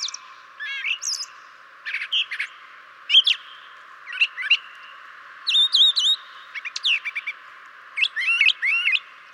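Brown Thrasher song: separate phrases of sharp, high chirps and slurred notes, with short pauses between them.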